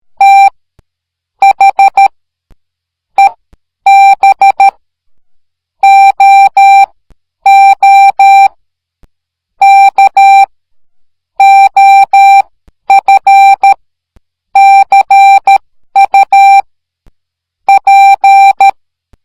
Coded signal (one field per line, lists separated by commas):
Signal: Morse code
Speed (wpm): 13 wpm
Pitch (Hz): 790 Hz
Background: none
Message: THE BOOK OF CUP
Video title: A message I solved by morse code #morsecode #miniseries